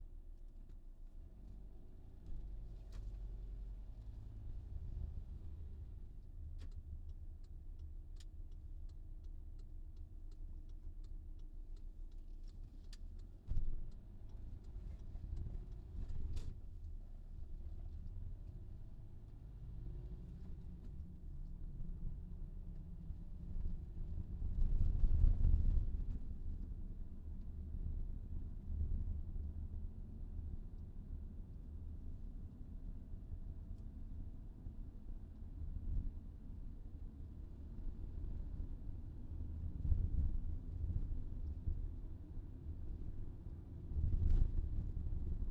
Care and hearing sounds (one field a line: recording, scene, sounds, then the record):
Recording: everyday scene through a hearing-aid microphone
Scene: in a vehicle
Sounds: engine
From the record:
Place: VW T5 Caravelle, diesel engine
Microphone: in the ear canal, left